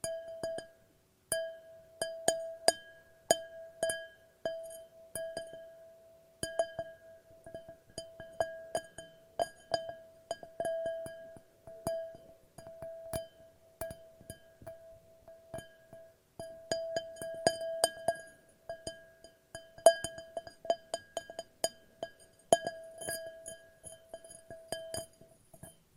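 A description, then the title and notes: Glass is tapped over and over, each strike leaving a clear ringing tone that holds steady between hits. The taps come in quick, uneven clusters for most of the 26 seconds, with short pauses around 6, 14 and 16 seconds. ASMR No Talking Glass Tapping and Ringing Sounds.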